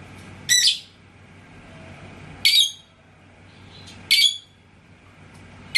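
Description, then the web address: Lovebird producing shrill, scratchy chirps roughly every one and a half to two seconds, four calls over a quiet hiss. "love-bird suara-lovebird-paud"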